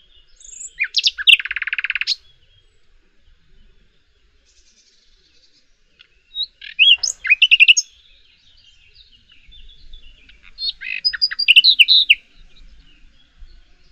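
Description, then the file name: Common nightingale song phrases: an opening dense buzzy rattle, then a varied chattering run, and later a rich burst of mixed whistles and trills after a pause. "Luscinia megarhynchos"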